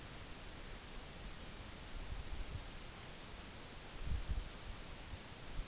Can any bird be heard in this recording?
no